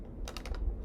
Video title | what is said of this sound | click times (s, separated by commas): Proctectionn and Defenss Savi's workshop lightsabers | with the colored square. It snaps right into place. | 0.3 s, 0.4 s, 0.5 s